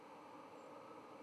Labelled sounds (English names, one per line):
White-throated Sparrow flight call